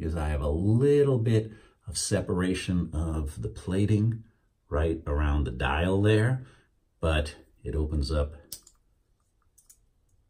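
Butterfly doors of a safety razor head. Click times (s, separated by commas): 9.6 s, 9.7 s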